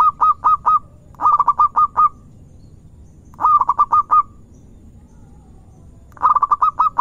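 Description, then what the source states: Zebra dove cooing song: quick bursts of several clipped, staccato coos on one pitch, separated by short pauses. Lure recording of a zebra dove singing vigorously (gacor).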